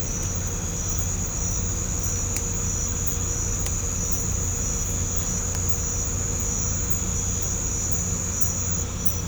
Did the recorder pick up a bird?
no